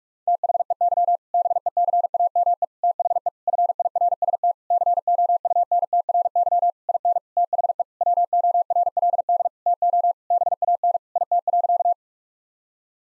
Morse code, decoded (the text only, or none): THEY BECAME THE FIRST COUNTRY IN THE WORLD TO BAN IT.